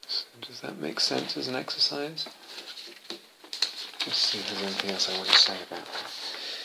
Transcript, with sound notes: Does that make sense as an exercise? [shuffles papers] I'll just see if there's anything else I want to say about that.